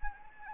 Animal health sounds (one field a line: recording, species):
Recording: mosquito wingbeat signal from an infrared sensor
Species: Anopheles gambiae